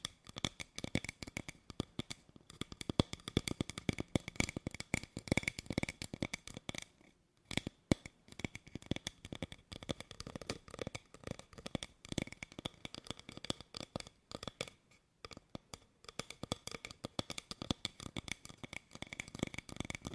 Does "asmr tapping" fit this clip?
yes